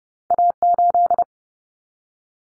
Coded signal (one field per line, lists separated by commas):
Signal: Morse code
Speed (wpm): 30 wpm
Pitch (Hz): 700 Hz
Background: none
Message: A8